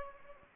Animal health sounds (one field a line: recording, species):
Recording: mosquito wingbeat signal from an infrared sensor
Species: Anopheles gambiae